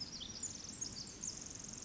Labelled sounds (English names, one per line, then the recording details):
Pacific Wren
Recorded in Sonoma County, California